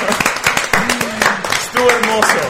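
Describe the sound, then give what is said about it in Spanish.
A small group claps in irregular, sharp bursts for a couple of seconds, applauding after a song is sung, while voices speak and call out over the applause. “Un aplauso, sí.”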